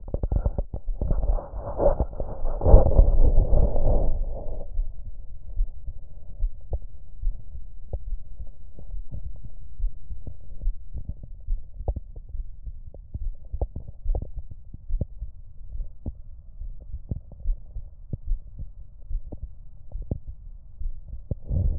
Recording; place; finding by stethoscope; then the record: heart sounds by stethoscope; tricuspid valve (TV); normal heart sounds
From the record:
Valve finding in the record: normal valve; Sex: female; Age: 56 years